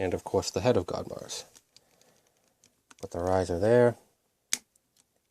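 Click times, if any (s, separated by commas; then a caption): 4.5 s. Someone talks while handling the plastic head of a Dynamite Action No. 13 Rokushin Gattai Godmars combining robot figure, with faint taps in between. At 4.5 s the head is pushed onto the torso of the combined figure and snaps into place with a single loud, sharp click, followed by a few soft ticks.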